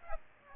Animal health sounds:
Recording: mosquito wingbeat signal from an infrared sensor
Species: Aedes aegypti

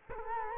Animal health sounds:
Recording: mosquito wingbeat signal from an infrared sensor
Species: Culex quinquefasciatus

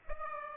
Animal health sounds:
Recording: mosquito wingbeat signal from an infrared sensor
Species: Aedes aegypti

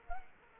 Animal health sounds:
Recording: mosquito wingbeat signal from an infrared sensor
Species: Culex quinquefasciatus

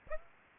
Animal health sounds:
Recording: mosquito wingbeat signal from an infrared sensor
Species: Aedes aegypti

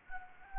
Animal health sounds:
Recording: mosquito wingbeat signal from an infrared sensor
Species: Anopheles gambiae

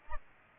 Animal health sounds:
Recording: mosquito wingbeat signal from an infrared sensor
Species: Aedes aegypti

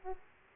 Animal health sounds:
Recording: mosquito wingbeat signal from an infrared sensor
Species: Aedes aegypti

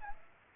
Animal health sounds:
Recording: mosquito wingbeat signal from an infrared sensor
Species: Aedes aegypti

